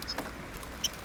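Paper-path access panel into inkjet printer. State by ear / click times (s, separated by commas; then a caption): seated / 0.8 s. After a paper jam is cleared, the removed paper-path access panel is slid back into an HP inkjet printer until it latches. A few small, light sliding and tapping sounds lead up to one sharper click at about 0.9 s as the panel seats in place.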